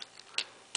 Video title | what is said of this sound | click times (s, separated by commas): Generations War for Cybertron OPTIMUS PRIME: EmGo's Transformers Reviews N' Stuff | and they'll click into place | 0.4 s, 0.8 s